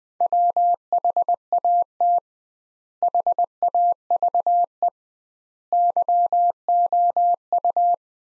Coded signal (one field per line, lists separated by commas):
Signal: Morse code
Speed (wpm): 20 wpm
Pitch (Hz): 700 Hz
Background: none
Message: WHAT HAVE YOU